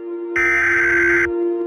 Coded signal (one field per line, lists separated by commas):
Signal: Emergency Alert System (SAME) tones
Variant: header bursts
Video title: MARACKTA- EAS SCENARIO/ANALOG HORROR